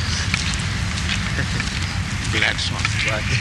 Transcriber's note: laughs